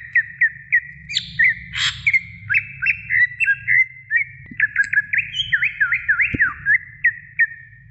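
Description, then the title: Oriental magpie-robin singing a rapid string of short whistled notes, many sharply up-slurred or down-slurred, with a harsher burst near two seconds; faint low background hum throughout. Long-duration chirping song of the Oriental magpie-robin. "Kicau Kacer Durasi Panjang 1jam Lebih"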